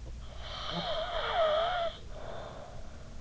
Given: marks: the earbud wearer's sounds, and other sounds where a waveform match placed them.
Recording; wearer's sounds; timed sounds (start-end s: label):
sounds in sleep by an in-ear microphone; snoring breath
0.37-3.13 s: snoring breath